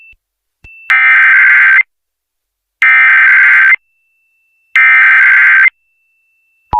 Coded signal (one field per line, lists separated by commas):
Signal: Emergency Alert System (SAME) tones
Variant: header bursts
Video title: (EAS #52) San Luis Opisbo County RMT On KCPR-FM